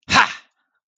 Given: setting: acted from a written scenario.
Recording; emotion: vocal sound without words; triumph